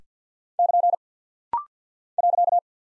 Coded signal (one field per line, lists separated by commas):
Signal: Morse code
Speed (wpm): 50 wpm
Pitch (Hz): 700 Hz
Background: none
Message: <KN> .